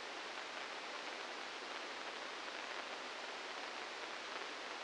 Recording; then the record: brain microelectrode recording played as sound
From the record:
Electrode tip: inside the subthalamic nucleus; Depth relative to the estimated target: -2 mm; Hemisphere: left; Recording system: NeuroSet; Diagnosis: Parkinson's disease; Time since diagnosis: 15 years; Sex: female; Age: 59 years